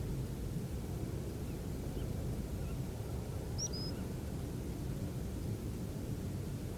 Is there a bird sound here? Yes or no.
yes